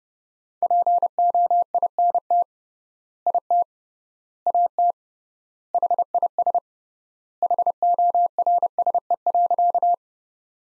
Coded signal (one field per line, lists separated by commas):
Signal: Morse code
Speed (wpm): 30 wpm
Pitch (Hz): 700 Hz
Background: none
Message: POINT IT AT HIS HORSE.